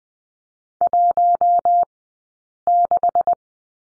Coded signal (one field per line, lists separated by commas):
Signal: Morse code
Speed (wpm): 20 wpm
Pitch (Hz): 700 Hz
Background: none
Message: 16